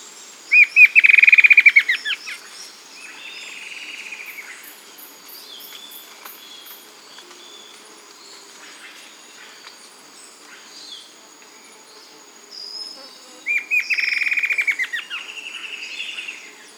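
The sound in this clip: Bird song: a loud burst of rapid buzzy notes followed by a drawn-out rasping phrase, repeated after a long pause, with faint chirps between.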